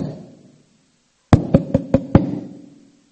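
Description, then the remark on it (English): Five sharp, loud knocks on the wooden door of a house at around 3 a.m., in a quick, slightly uneven rhythm, each with a hollow low thud, after a short stretch of quiet room tone. “I called and when I got to his house, I knocked.”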